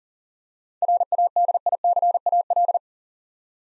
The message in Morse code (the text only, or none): RADICAL